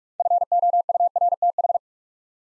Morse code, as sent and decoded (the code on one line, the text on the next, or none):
..-. --- ..- .-. - ....
FOURTH